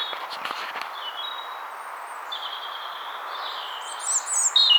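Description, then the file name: European robin singing drawn-out, thin high whistles, one after another, ending in brighter high notes, over steady background hiss. "Erithacus rubecula"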